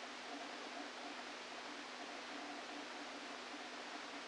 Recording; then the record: brain microelectrode recording played as sound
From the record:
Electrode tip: outside the subthalamic nucleus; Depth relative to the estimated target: -3 mm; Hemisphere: left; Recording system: NeuroSet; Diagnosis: Parkinson's disease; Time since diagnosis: 13 years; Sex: male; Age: 49 years